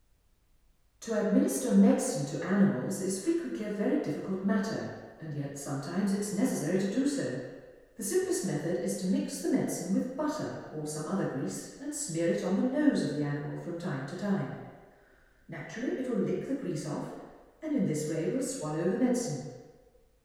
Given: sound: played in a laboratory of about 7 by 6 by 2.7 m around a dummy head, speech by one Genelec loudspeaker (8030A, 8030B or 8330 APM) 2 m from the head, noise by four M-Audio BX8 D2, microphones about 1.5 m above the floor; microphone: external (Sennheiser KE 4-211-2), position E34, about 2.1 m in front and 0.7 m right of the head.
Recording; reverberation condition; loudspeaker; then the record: female speech in English; high; 120 degrees to the right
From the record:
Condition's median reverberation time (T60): about 1300 ms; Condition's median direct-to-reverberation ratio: about -4.0 dB